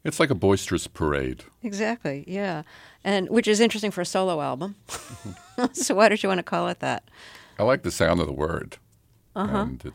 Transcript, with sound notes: It's like a boisterous parade.
Exactly, yeah, which is interesting for a solo album. (Laughter). So why did you want to call it that?
I like the sound of the word.
Uh huh.